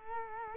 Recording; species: mosquito wingbeat signal from an infrared sensor; Culex quinquefasciatus